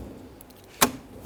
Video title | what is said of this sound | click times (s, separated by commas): How to Replace Ignition Switch 1997-2006 Jeep Wrangler | snap it right in. It kind of pops into place there. | 0.8 s